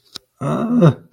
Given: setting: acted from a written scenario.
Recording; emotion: vocal sound without words; distress